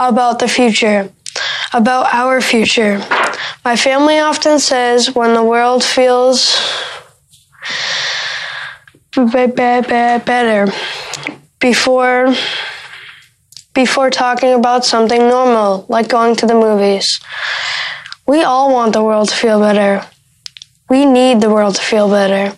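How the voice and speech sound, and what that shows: A 13-year-old boy from New Hampshire, who has stuttered his whole life, reads a speech with part-word repetitions ("be-be-better"), stretched sounds and long silent blocks: stuttering.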